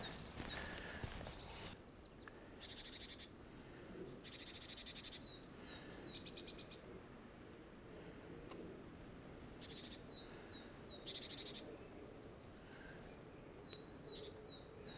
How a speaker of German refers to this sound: Ja, die Vögelchen waren gerade keine 5 Meter weg. Direkt hier im Gebüsch neben dem Weg.